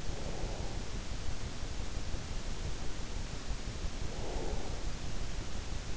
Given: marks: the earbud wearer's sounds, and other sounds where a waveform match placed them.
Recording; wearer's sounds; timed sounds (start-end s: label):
sounds in sleep by an in-ear microphone; breath
0.14-2.52 s: breath
3.99-4.92 s: breath